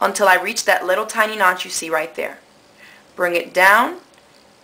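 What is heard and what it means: Thread from a wound bobbin sitting in a metal bobbin case is drawn through a tiny notch and brought down toward the opening under the case's tension spring while someone talks. Nothing has snapped into the slot or seated yet; the clip ends just before the thread goes home.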